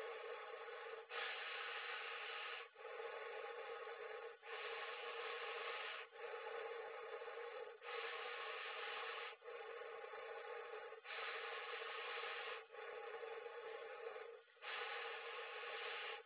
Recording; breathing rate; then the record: paced breathing near a phone; 18 breaths a minute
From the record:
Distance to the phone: 20 cm